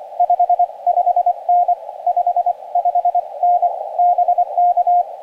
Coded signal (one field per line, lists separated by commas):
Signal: Morse code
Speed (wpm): 25 wpm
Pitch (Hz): 710 Hz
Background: radio noise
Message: 55N 55N BK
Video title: First-Time SOTA Activation in Wyoming